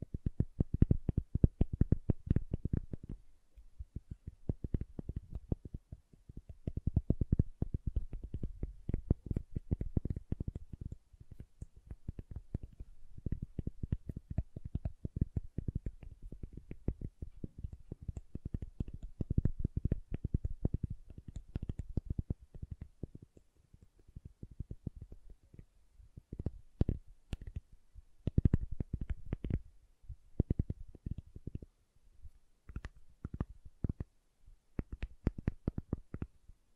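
Soap being tapped and carved, with dense runs of short, soft knocks and scrapes that come in quick irregular clusters throughout. The sounds are mostly low and dull, with occasional brighter, sharper taps standing out, especially toward the end, and brief quiet gaps between bursts.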